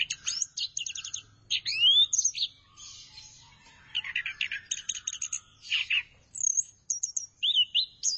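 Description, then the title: Thrush song with quick trilled bursts, rising and falling whistled slurs and scratchy notes, lively and varied, broken by brief pauses. "burung anis x"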